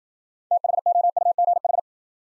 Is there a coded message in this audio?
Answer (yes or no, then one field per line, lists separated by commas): yes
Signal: Morse code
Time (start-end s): 0.5-1.8 s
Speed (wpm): 55 wpm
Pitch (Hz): 700 Hz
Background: none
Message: THOUGH